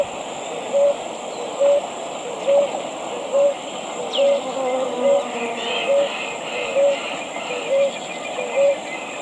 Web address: Natures Songs S America Eastern Lowlands Columbina talpacoti, song